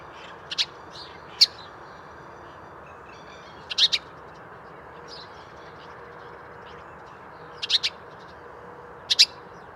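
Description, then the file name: House sparrow chirping repeatedly, short loud single and double chirps at irregular intervals, over a constant low hum with faint twittering. "Passer domesticus"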